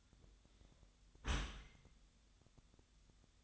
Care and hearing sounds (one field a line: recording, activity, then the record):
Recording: daily activity, microphone in the room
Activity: close dishwasher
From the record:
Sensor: 3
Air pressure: 1004.6 hPa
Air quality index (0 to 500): 109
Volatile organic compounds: 5 ppm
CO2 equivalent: 1719 ppm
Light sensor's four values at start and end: 7/17/7/6 and 7/17/7/6